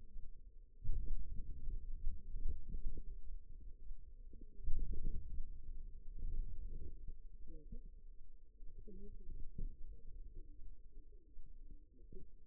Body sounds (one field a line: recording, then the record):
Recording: forearm muscle sounds (acoustic myography)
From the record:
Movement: outward rotation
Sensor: system 2, bracelet of six BSWA MPA416 microphones around the upper forearm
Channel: 3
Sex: female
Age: 21 years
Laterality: right